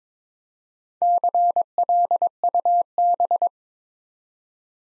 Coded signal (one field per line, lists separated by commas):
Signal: Morse code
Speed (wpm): 22 wpm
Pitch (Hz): 700 Hz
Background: none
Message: CLUB